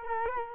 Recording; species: mosquito wingbeat signal from an infrared sensor; Culex quinquefasciatus